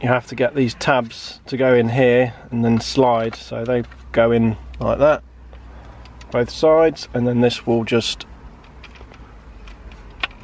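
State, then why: Seated. A plastic display unit from a Vauxhall Astra H's CD30 MP3 stereo head unit is fitted to its mounting bracket, its tabs engaged on both sides before it is slid forward. Someone talks through most of the clip, then a few soft knocks follow. A sharp, loud click at 10.2 s marks the display latching solidly into place.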